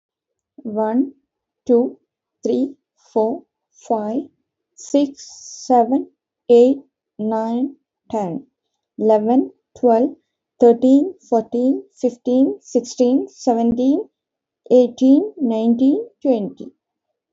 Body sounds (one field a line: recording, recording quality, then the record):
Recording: counting at a normal pace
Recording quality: excellent, no background noise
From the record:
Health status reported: healthy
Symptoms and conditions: none ticked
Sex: female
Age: 36 years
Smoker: not ticked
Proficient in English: yes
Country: India